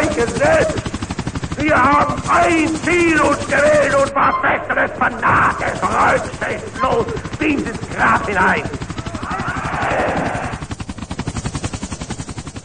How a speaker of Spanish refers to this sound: Estamos escuchando algunos helicópteros que se están acercando. Esperemos que no sea lo que está anunciando el jefe de la DEA.